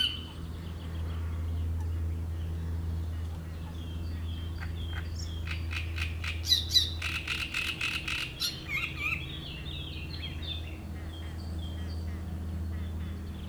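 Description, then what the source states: Great reed warbler: quiet whistles and chirps, then a burst of harsh croaking reed warbler song in the middle, with a steady low hum throughout. Reed bed at Chatillon beach, Chindrieux, France; shrill song of a migrant from Africa that can sing day and night.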